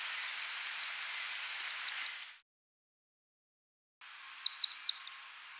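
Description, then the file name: Common sandpiper calls: thin, high piping notes, a few scattered then a short burst, with a gap of silence between, over a faint background hiss. "Scolopacidés-Actitis-hypoleucos-Chevalier-guignette"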